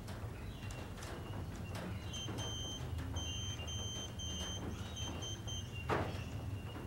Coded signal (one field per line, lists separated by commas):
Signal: Morse code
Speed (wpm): 9 wpm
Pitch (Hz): 3100 Hz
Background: none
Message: AOS